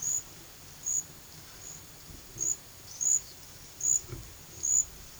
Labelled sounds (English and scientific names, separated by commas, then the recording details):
none
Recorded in pastures near Puerto Asís, Putumayo, Colombia, on 24 March 2025 at 13:00
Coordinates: 0.487, -76.322
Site G077